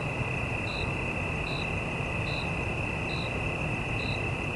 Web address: sonniss gdc audio. city night evening ambience single cricket cicadas distant traffic stereo